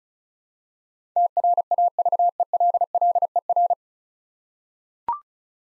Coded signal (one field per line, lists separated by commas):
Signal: Morse code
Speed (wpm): 36 wpm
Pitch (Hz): 700 Hz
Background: none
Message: TRAVELLER